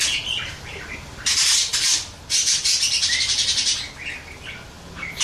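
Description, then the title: Birds calling: scattered thin chirps, then two long harsh rasping bursts, followed by quieter twittering and a short whistle. "Burung Campur4"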